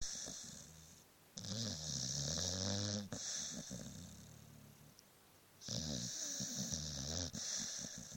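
Two loud rattling snore sounds about four seconds apart, with quieter breathing in between, from a small dog.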